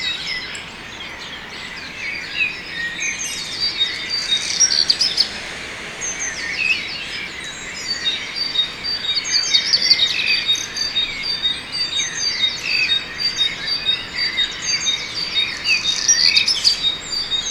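A busy morning chorus of many bird species in Tübingen, with overlapping chirps, trills and whistles packed together throughout. The calls sit high and bright, growing somewhat denser after the midpoint, over a soft steady hiss of low background noise.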